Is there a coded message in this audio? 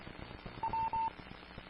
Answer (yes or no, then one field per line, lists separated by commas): no